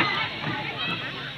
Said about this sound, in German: Das Quietschen von Kindern im Schwimmbad vor Freude?